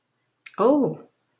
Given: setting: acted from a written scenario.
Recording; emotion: vocal sound without words; romantic love